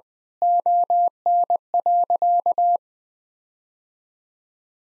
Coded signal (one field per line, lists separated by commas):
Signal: Morse code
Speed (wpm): 21 wpm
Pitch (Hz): 700 Hz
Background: none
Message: ON.